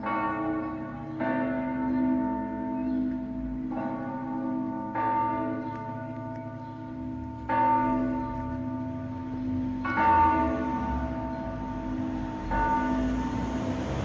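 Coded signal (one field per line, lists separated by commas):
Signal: bell signal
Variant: Friulian battiore and dopli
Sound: large church bells striking in a repeated rhythm, deep ringing tones overlapping and sustaining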